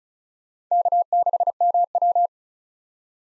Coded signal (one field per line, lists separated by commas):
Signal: Morse code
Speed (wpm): 34 wpm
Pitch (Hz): 700 Hz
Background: none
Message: K6MW